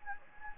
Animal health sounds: mosquito wingbeat signal from an infrared sensor; Anopheles gambiae

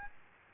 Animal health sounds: mosquito wingbeat signal from an infrared sensor; Aedes aegypti

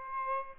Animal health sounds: mosquito wingbeat signal from an infrared sensor; Aedes aegypti

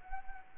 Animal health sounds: mosquito wingbeat signal from an infrared sensor; Anopheles arabiensis

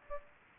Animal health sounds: mosquito wingbeat signal from an infrared sensor; Aedes aegypti

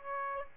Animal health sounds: mosquito wingbeat signal from an infrared sensor; Aedes aegypti

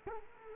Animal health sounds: mosquito wingbeat signal from an infrared sensor; Culex quinquefasciatus

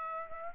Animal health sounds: mosquito wingbeat signal from an infrared sensor; Aedes aegypti

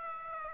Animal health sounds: mosquito wingbeat signal from an infrared sensor; Aedes aegypti

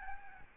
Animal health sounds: mosquito wingbeat signal from an infrared sensor; Aedes albopictus

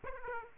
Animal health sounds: mosquito wingbeat signal from an infrared sensor; Aedes aegypti

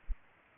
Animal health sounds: mosquito wingbeat signal from an infrared sensor; Culex pipiens

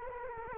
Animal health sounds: mosquito wingbeat signal from an infrared sensor; Culex quinquefasciatus

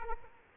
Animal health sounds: mosquito wingbeat signal from an infrared sensor; Aedes aegypti

